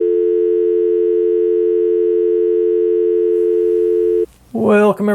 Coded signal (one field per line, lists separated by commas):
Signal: telephone call progress tone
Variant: North America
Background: speech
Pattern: dial tone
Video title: Checking Out My Old Toys: G.I. Joe: Dial Tone